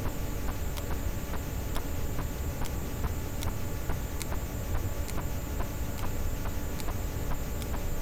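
Sperm whale clicking, with isolated sharp ticks spaced irregularly, roughly one or two per second, over steady deep rumbling noise.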